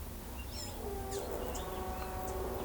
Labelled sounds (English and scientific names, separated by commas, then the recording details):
Blue-gray Tanager (Thraupis episcopus)
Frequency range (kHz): Blue-gray Tanager (Thraupis episcopus) 1.9-11.1 kHz
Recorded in pastures near Pivijay, Magdalena, Colombia, on 1 June 2023 at 10:30
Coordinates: 10.456, -74.369
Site P6-G026